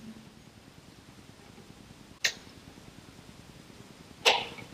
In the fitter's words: Up, you can hear the little click sound.